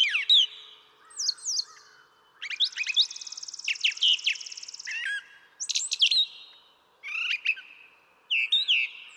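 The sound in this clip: Brown thrasher song: paired chips and slurred notes, a long buzzy trill, then further varied phrases spaced by short pauses.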